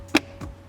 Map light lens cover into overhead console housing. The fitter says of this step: and you get that click sound to let you know